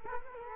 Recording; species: mosquito wingbeat signal from an infrared sensor; Culex quinquefasciatus